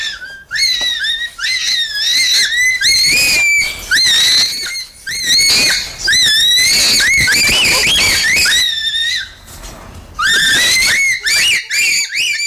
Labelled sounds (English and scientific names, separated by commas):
Bonobo (Pan paniscus)